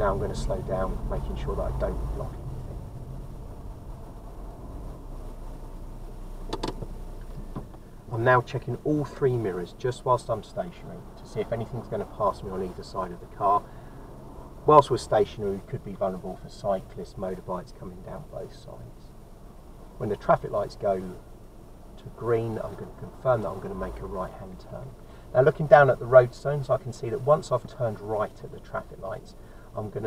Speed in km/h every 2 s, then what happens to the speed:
16, 10, 3, 0, 0, 0, 0, 0, 0, 0, 0, 0, 0, 0, 0.
0-5 slows to 0. 5-30 standing.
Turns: none.